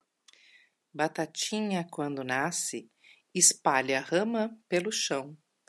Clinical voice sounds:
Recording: short text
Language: Brazilian Portuguese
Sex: female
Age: 50 to 59 years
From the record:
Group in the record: control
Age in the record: 57 years

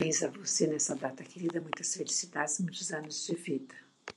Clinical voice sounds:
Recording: short text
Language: Brazilian Portuguese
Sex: female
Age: 60 to 69 years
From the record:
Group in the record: control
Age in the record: 62 years

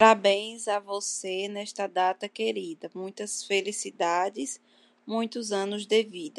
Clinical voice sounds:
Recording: short text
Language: Brazilian Portuguese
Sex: female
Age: 20 to 29 years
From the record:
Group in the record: control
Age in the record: 29 years

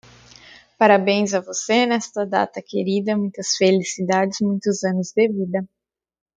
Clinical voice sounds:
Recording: short text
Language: Brazilian Portuguese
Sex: female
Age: 20 to 29 years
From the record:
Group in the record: control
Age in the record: 29 years

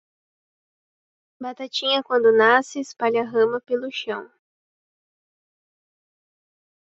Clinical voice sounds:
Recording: short text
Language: Brazilian Portuguese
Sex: female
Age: 20 to 29 years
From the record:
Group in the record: control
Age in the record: 20 years

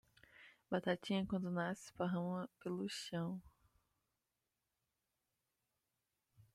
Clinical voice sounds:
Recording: short text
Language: Brazilian Portuguese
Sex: female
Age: 20 to 29 years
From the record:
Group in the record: control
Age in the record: 28 years

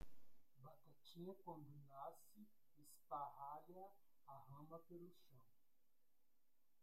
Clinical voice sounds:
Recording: short text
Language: Brazilian Portuguese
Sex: male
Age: 40 to 49 years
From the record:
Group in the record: control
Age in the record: 48 years

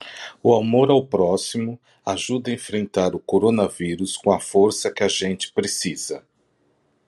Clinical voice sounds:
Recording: spoken sentence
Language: Brazilian Portuguese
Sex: male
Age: 50 to 59 years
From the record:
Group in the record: control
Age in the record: 52 years

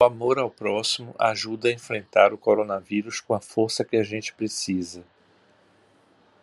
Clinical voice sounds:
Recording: spoken sentence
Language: Brazilian Portuguese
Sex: male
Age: 60 to 69 years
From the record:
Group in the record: control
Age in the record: 62 years

